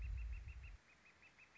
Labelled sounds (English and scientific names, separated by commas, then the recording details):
Northern Flicker (Colaptes auratus)
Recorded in Sonoma County, California